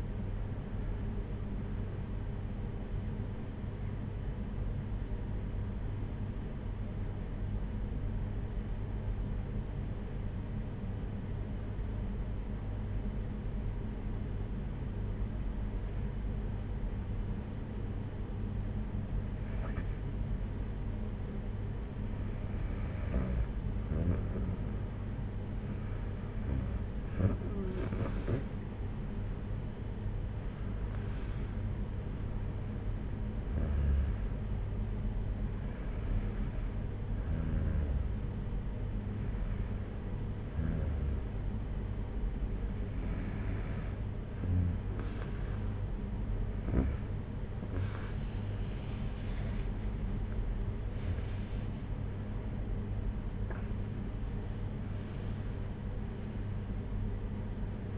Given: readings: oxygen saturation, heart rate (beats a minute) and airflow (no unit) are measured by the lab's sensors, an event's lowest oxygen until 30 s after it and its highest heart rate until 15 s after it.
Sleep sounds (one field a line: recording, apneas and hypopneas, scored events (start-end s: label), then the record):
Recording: breathing in sleep by a smartphone at the bedside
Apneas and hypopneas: 2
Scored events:
3.00-24.10 s: hypopnea (N1, oxygen 97% highest, then 91% lowest, heart rate 61 at the start, 64 highest)
28.00-57.98 s: new sleep stage, N2 (light sleep)
40.00-53.10 s: hypopnea (N2, oxygen 96% highest, then 94% lowest, heart rate 58 at the start, 73 highest)
From the record:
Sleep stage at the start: N1 (lightest sleep)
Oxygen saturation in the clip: 89 to 97%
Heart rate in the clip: 57 to 73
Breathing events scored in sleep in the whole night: 226 in 8.8 hours asleep